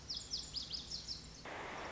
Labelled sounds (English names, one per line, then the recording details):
Lazuli Bunting
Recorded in Sonoma County, California